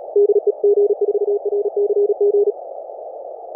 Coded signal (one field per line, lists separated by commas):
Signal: Morse code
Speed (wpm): 38 wpm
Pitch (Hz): 410 Hz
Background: none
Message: DE G4RCG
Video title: dx calls practice